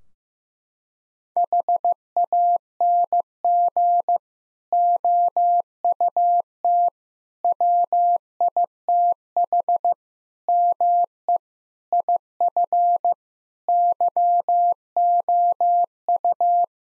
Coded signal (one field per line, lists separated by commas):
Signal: Morse code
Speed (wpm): 16 wpm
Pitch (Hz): 700 Hz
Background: none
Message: HANG OUT WITH ME IF YOU